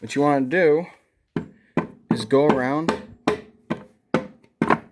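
During a pump install on a 1992-1997 Ford E40D transmission, after the forward drum fell out, the transmission input shaft, with a towel wrapped on its end for grip, is turned by hand so the forward drum can engage its clutch splines. Someone talks, followed by a series of short, sharp knocks from about 1.4 to 4.7 seconds as the shaft is worked around. The forward drum has not yet clicked onto the splines, and nothing has seated.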